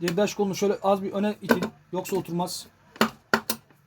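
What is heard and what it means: Someone talks while the clutch-side cover is pushed onto a motorcycle engine case with the lever held slightly forward. At 3.3 s it drops fully into place with a sharp metal knock, with smaller knocks around it. The cover is seated.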